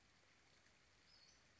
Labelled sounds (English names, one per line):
Western Flycatcher